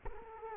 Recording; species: mosquito wingbeat signal from an infrared sensor; Culex quinquefasciatus